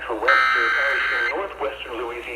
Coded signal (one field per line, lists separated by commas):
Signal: Emergency Alert System (SAME) tones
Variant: header bursts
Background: speech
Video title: (EAS #4) Severe Thunderstorm Warning (TENNIS BALL SIZED HAIL)